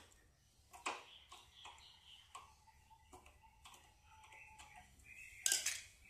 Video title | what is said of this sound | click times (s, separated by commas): Cara Memasang Kompor Gas : merakit regulator gas dengan selang #regulator #gas #lpg | Sudah terkunci dengan sempurna | 5.5 s